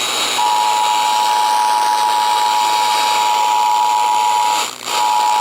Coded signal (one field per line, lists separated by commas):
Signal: Emergency Alert System (SAME) tones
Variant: 853 and 960 Hz attention tone